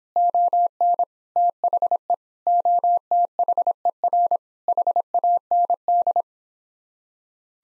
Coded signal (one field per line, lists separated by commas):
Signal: Morse code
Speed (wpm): 26 wpm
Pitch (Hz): 700 Hz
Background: none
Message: ON THE OTHER HAND